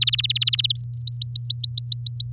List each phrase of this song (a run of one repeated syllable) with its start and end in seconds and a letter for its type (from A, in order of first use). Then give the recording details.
0.01-0.72 A, 0.75-2.30 B. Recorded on 6 May 2018 at 07:47. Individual llb16